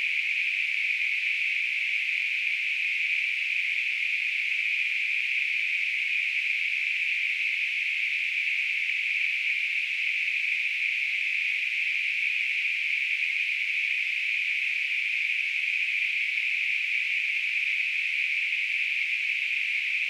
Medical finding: Tinnitus.